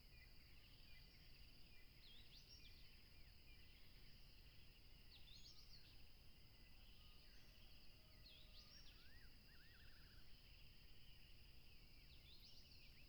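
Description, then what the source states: Steady high cricket trilling runs throughout, joined by short chirps and a quick rattling call in the middle. Crickets at a tropical river, with a plane passing.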